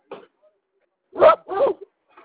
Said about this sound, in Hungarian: Nem érte semmit, azok a dögök ugatnak. Na majd még egyszer mondom.